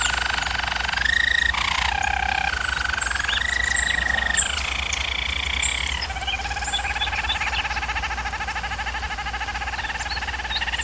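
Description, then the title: German Roller canary song shifting between several held rolling tones before ending in a long, low, fast trill; quiet background hum. German Roller canary singing, a training recording for teaching canaries song. "German Roller Canary Singing - Canary Training Vid"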